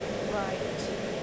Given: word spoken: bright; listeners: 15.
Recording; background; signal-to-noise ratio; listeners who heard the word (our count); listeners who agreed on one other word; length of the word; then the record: one English word in noise, from a listening test; speech-shaped noise; -5.0 dB; 1 of 15; 11 of 15; 0.83 s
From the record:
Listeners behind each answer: 11, 1, 1, 1, 1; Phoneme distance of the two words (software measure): 7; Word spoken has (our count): 1 syllable, 4 phonemes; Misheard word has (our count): 1 syllable, 3 phonemes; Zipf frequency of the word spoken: 4.82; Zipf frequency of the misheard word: 6.36